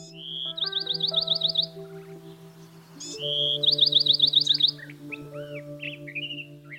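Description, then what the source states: Bewick's wren song: a short introductory note and then a rapid, even trill, given twice, followed by scattered chirps over soft, sustained musical tones. A relative of the house wren.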